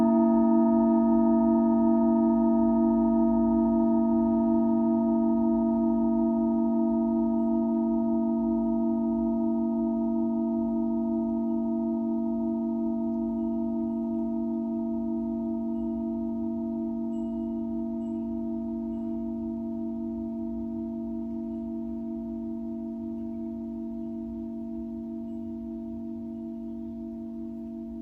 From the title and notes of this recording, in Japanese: メキシコから シンギングボウルのサウンドヒーリング ライブ。